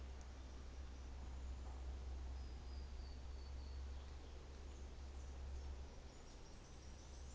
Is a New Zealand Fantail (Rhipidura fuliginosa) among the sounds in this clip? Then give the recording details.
no. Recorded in New Zealand on 24 December 2018. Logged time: 14:55